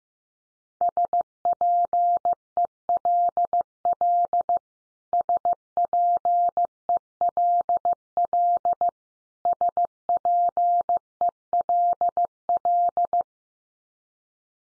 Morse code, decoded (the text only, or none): SPELL SPELL SPELL